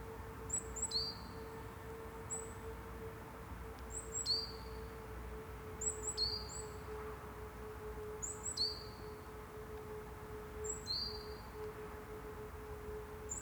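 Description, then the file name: Great tit giving repeated two-part calls, a thin high note then a lower falling whistle, about every two to three seconds, with a steady mechanical hum underneath. "Parus major"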